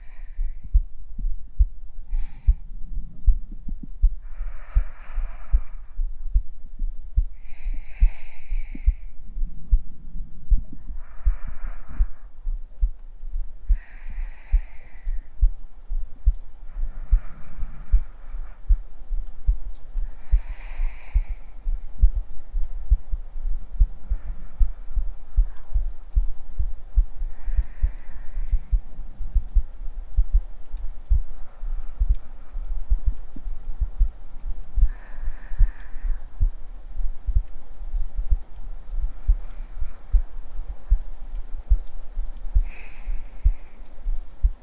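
A mother's heartbeat, heard while lying against her, thumps low and steady in a dense, regular rhythm throughout. Soft whooshing swells, like slow breaths, rise every few seconds over the pulse, with faint scattered ticking underneath.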